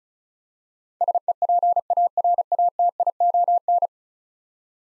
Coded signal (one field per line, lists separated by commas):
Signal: Morse code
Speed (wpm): 36 wpm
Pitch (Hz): 700 Hz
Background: none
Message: SEPARATION